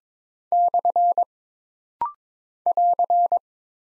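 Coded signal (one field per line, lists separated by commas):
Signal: Morse code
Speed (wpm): 22 wpm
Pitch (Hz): 700 Hz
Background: none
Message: / <AR>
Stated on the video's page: Rapid-fire Morse code practice of single punctuation marks and prosigns at 22 wpm, each character sent, then spoken, then sent again, for instant character recognition.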